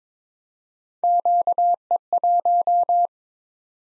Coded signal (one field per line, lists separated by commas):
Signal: Morse code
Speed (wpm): 22 wpm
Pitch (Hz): 700 Hz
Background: none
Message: QE1